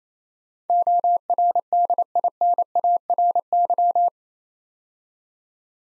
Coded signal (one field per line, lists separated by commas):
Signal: Morse code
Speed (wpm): 27 wpm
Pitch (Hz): 700 Hz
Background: none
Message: ORDINARY